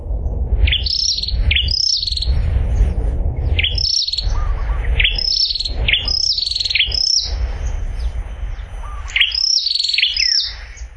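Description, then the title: Prinia song, sharp high chirping notes with quick downward flicks, delivered in rapid bursts with short pauses, over a low rumbling background. "prenjk gnung. prenjak"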